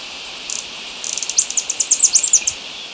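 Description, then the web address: Tyrian metaltail giving very high, thin chips: two short bursts, then a rapid run of sharp notes, then quiet. Recorded in Ecuador. "Natures Songs S America Birds of Ecuador. Tyrian Metaltail"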